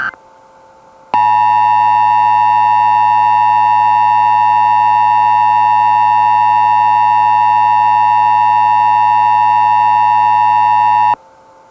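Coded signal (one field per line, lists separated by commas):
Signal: Emergency Alert System (SAME) tones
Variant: 853 and 960 Hz attention tone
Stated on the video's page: Fictional, simulated EAS mock alert.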